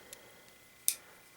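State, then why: Seated. The scissors implement of a Leatherman Wave multitool is swung out of the handle. After a faint tick near 0.1 s, it locks open into place with a sharp metal click at 0.9 s, and the click decays quickly into quiet.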